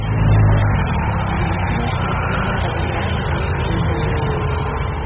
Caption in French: Une surdité cachée. Pour la détecter, les spécialistes de l'audiologie utilisent un test simple. On fait écouter des phrases dans le bruit et on mesure à partir de quel rapport entre le signal de la voix et le bruit la compréhension devient difficile. D'abord dans un bruit très fort où elle est incompréhensible.